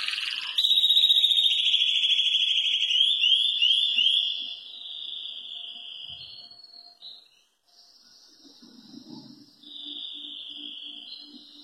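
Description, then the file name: Canary song: a loud sustained high roll that slowly fades, then softer rolled phrases and a final bright trill, with faint low noise. "canto do canario topete alemao"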